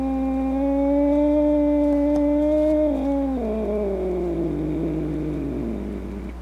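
Cat holding a long, level angry yowl that breaks midway into a lower, rougher, falling growl-like moan trailing off toward the end.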